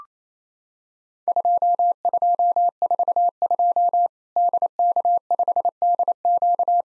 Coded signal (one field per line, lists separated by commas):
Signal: Morse code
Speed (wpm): 28 wpm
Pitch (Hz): 700 Hz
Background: none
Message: 2242 DK5DQ